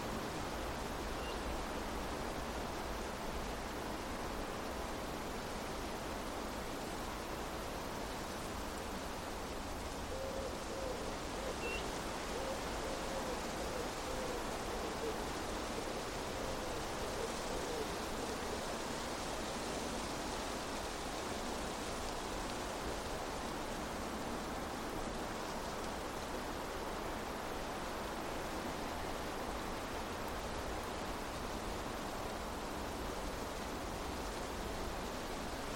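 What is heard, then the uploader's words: Wind rushes steadily across an open field, a dense, even hiss with rustling grasses, unchanging throughout, plus a faint brief tone near twelve seconds. A gentle breeze blowing through a vast open field. Listen as the rustling of tall grasses and the soft swaying of wildflowers create a peaceful symphony of sound. A Wonderful Wind And Blissful Breeze Traveling Through A Peaceful Open Field.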